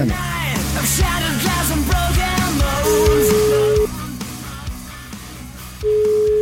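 A telephone ringback tone sounds twice as long, steady, mid-pitched beeps with a pause between them, following a dense, busy stretch of music-like background sound, as radio host Cruciani phones a friend.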